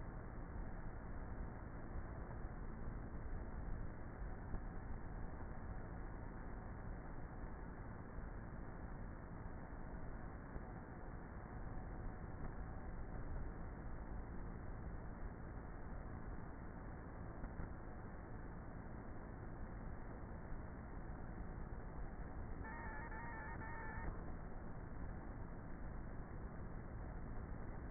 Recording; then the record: honeybee colony, microphone inside the hive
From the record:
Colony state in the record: queenless with a low population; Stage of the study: before two queens were removed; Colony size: about 30,000 bees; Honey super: no